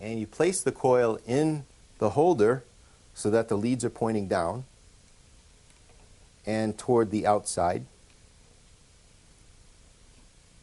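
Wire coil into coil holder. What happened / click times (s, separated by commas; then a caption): Wire coil lined up in holder, no seating click yet / none. A wire coil is placed into its plastic holder with the leads pointing down and toward the outside, as part of setting up a wind turbine. Someone talks during most of the clip, and there are only faint handling sounds. Nothing has snapped into place yet.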